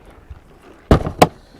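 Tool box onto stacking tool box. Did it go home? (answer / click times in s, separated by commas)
yes / 0.9 s, 1.2 s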